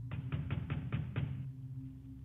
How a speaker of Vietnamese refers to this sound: Tiếng đập cửa ầm ầm ở bên ngoài, mỗi lúc một gấp gáp.